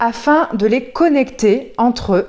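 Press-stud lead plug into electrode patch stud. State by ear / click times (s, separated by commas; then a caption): not seated / none. Someone talks while two small press-stud leads from a microcurrent device are being handled toward the snap-button studs on the back of electrode patches. Nothing has seated or clicked yet by the end of the clip.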